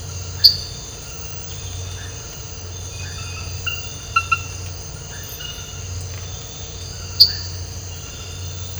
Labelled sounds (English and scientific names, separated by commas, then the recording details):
none
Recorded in dense forest near Puerto Asís, Putumayo, Colombia, on 19 March 2025 at 02:00
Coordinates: 0.468, -76.322
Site GP01